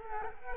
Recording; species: mosquito wingbeat signal from an infrared sensor; Culex quinquefasciatus